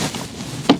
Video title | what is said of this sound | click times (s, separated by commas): Is This RC Plane Too Good to be True? - FMS Pitts 1400mm | locks into place. | 0.7 s